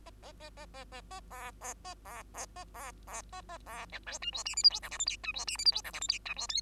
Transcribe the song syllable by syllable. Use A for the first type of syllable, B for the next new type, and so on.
A A A A A A A B B A B B A B B A A B C D E F G H I J K L M N E F G H I J K L M N E F O